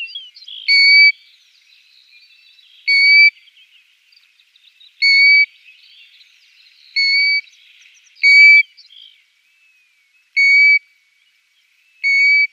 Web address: Schulze Peter Eurasian Golden-Plover calls